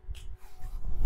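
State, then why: Not seated. The two halves of a plastic side-release buckle on the neck strap of a Vammcht rubber vinyl apron are pushed back together after being pulled apart. Soft handling and rustling is heard, with a low rumble and a brief breathy hiss near 0.2 s. The clip ends before the buckle goes home, so nothing has seated or clicked yet.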